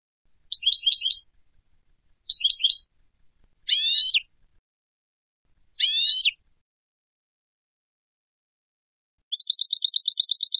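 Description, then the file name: European goldfinch: short tinkling trilled phrases, then two sweeping note series, and a steady twittering trill at the end; no other sounds. "Carduelis carduelis"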